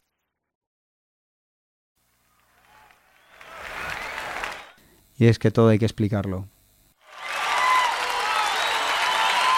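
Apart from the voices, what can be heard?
applause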